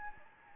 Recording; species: mosquito wingbeat signal from an infrared sensor; Anopheles gambiae